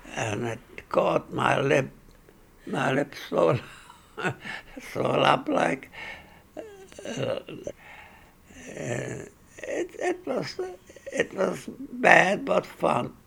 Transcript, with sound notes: And it caught my lip. My lip swelled up. (he laughs) It swelled up like, it was, it was bad, but fun.